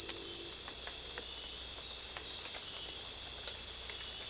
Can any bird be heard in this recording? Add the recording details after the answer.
no. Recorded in dense forest near Puerto Asís, Putumayo, Colombia, on 22 December 2024 at 19:00. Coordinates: 0.482, -76.320. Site G021